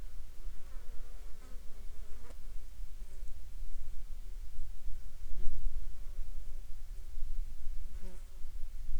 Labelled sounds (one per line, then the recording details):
insects
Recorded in the Prudhoe Bay oil fields, Alaska, on 9 July 2019 at 10:10
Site 14